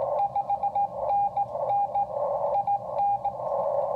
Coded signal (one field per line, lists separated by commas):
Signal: Morse code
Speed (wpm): 19 wpm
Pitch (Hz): 780 Hz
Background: radio noise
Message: 5NN IN